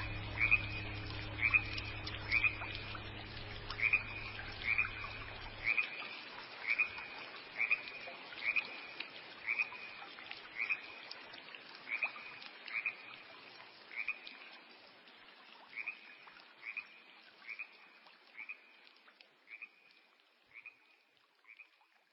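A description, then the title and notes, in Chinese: By a small stream, a frog calls in bright, regular croaks about once a second, while a low steady drone fades out after six seconds. 小河蛙鸣与钢琴催眠曲音乐。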